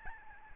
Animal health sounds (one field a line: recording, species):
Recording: mosquito wingbeat signal from an infrared sensor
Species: Aedes albopictus